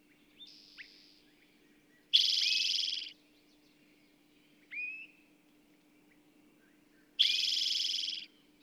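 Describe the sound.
Bird singing two loud buzzy trills, with a thin hiss and rising, sliding whistled notes around them, over a steady low hum.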